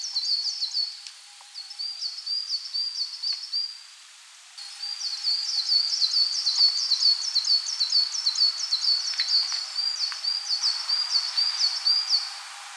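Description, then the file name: Coal tit song: high, thin two-note phrases repeated rapidly in a bouncing series, a brief pause, then a longer, louder run of the same phrases. "Parus ater"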